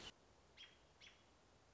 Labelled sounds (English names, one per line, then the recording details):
American Robin
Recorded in Sonoma County, California